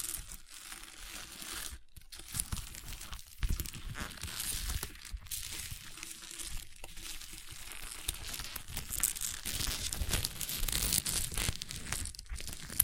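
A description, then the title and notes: Crunchy slime being squeezed and worked gives off a dense, continuous stream of crackling and crinkling pops, bright and fizzy across the top. Brief near-silent gaps break it around two, three and five seconds, then the crackle stays steady to the end. ASMR Satisfying Crunchy Slime (No Talking).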